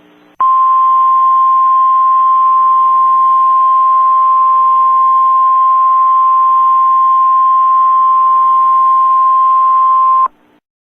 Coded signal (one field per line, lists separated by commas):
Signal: Emergency Alert System (SAME) tones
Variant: 1050 Hz attention tone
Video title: EAS JAREDAMTRAK7 WARNING